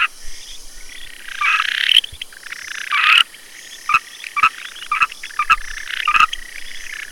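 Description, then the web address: Frog calls: a couple of longer raspy, trilled bursts early on, then short clicking notes scattered through the rest. Recorded on 9 August 2015. "frog rec 150809"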